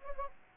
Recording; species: mosquito wingbeat signal from an infrared sensor; Anopheles gambiae